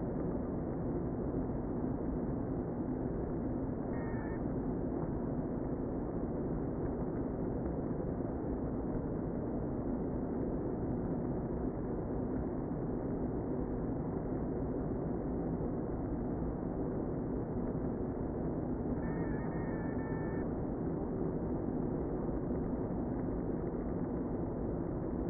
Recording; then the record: honeybee colony, microphone inside the hive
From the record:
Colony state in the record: queen present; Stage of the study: before two queens were removed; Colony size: about 60,000 bees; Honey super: yes